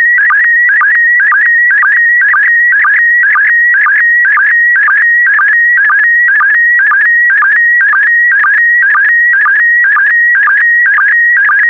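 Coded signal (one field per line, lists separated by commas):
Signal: SSTV (slow-scan television)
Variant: PD120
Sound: warbling steady tone with a rhythmic chirp about twice per second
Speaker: Five, four, three, two, one. Thank you. Transmission complete. You can now check your decoded image against the picture that is shown on the video.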